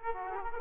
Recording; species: mosquito wingbeat signal from an infrared sensor; Aedes aegypti